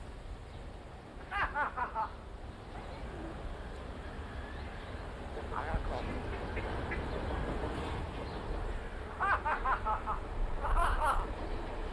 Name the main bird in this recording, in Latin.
Gracula religiosa